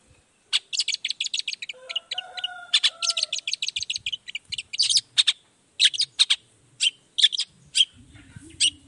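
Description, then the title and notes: Long-tailed shrike song: fast repeated harsh chips and rattles with a few clear whistled notes, then slower single chips and a low rumble. Morning; song played to provoke other shrikes to respond quickly and agitatedly; varied 'toet toet' voice. "Cendet Gacor Dor Di Kala Pagi Toet Toet Variasi Suara. Cendet Gacor Langsung Nyaut Emosi Hanya dengan Sekali Putar Bikin Cendet Lainya Cepat Respon Bunyi. Burung cendet"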